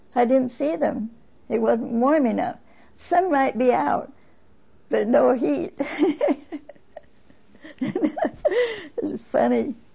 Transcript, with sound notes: I didn't see them. It wasn't warm enough. The sun might be out, but no heat. ( she laughs ) It was funny.